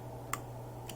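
A screen ribbon or board connector is pressed onto its device board socket during a screen repair, and it gives a sharp, short click at 0.3 s as it seats fully. A fainter second tick follows at 0.9 s over a steady low hum. The connector is seated all the way.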